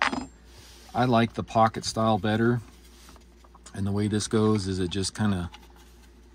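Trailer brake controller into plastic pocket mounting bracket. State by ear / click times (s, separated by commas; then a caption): not seated / none. A trailer brake controller is being handled with a plastic pocket-style mounting bracket for a 2014–2018 Chevy/GMC 1500 Silverado/Sierra, with a sharp handling tap at 0.0 s and someone talking through most of the clip. Nothing has seated or clicked yet; the controller has not snapped into the pocket bracket.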